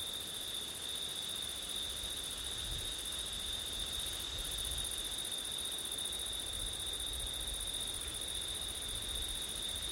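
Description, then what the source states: Steady high-pitched cricket trilling throughout, one brief break in the upper tone, over a light, even wash of wind. Crickets recorded on a September night with wind; ORTF microphone setup.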